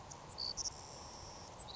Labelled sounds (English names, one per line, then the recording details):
Savannah Sparrow
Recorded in Sonoma County, California